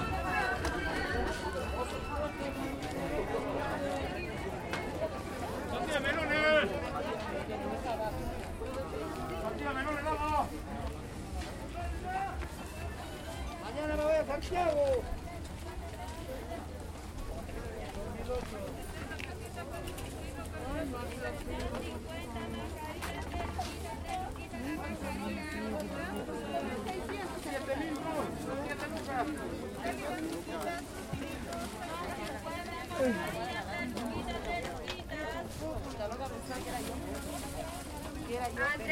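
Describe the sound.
Sellers call out their products and chat with customers while walking through a busy food market. Several voices overlap continuously, with a few louder calls around six and fifteen seconds over a steady low hum.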